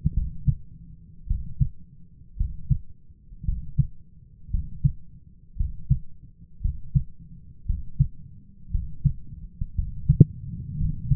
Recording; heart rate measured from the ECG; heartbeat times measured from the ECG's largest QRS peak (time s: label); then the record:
heart sounds by stethoscope; 56 bpm
0.14 s: heartbeat
1.27 s: heartbeat
2.37 s: heartbeat
3.45 s: heartbeat
4.50 s: heartbeat
5.57 s: heartbeat
6.61 s: heartbeat
7.66 s: heartbeat
8.71 s: heartbeat
9.75 s: heartbeat
10.77 s: heartbeat
From the record:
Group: healthy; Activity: rest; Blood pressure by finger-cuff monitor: 124/74 mmHg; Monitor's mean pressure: 88 mmHg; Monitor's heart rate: 57 bpm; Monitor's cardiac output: 6.3 L/min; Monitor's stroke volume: 115 mL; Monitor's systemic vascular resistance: 1030 dyn s/cm5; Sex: male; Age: 23 years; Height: 178 cm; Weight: 96.6 kg